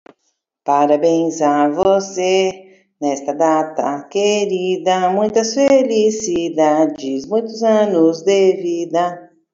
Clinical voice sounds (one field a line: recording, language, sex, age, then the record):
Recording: short text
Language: Brazilian Portuguese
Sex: female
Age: 40 to 49 years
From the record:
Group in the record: control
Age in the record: 40 years